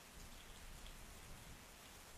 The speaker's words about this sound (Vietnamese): Mái nhà chưa lợp hết, mưa nó cứ đổ vào như thác đây này.